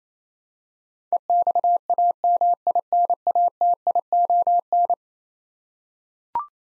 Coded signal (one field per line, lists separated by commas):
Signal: Morse code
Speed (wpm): 28 wpm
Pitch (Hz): 700 Hz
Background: none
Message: EXAMINATION